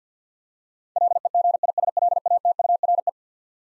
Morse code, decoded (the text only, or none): LEGISLATURE